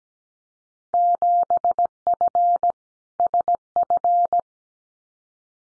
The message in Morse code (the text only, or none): 7F SF